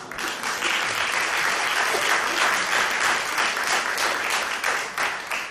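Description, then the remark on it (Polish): An audience at a Polish Radio Trójka (Program Trzeci) concert breaks into sustained applause for the performers, a dense wash of many hands clapping at steady loudness for several seconds before tapering slightly at the end. “Także wielkie brawa dla nich i gratulacje.”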